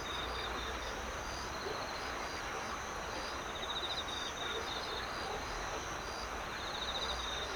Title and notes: 대한민국 서울특별시 서초구 신원동 여의천 - Yeoeui-cheon Stream, Cricket Chirp. 여의천 물살, 풀벌레